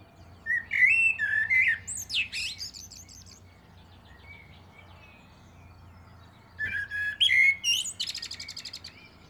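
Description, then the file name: Common blackbird song: flute-like notes sliding into a scratchy high flourish, then a second phrase ending in a rapid buzzy trill. "Turdus merula"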